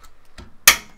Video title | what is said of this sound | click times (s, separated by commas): PC Build | there we go we're on you hear that click we're in business now we just got to flip this lever | 0.7 s